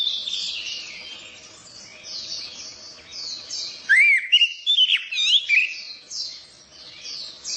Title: Kicau Mania Suara Burung Anis Merah Gacor Teler Doyorng Juara